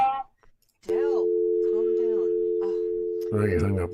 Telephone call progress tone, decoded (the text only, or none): dial tone